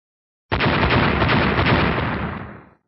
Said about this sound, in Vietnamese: Liên tục bốn tiếng nổ, bốn người khổng lồ đất trước mặt Tô Minh tan vỡ hết.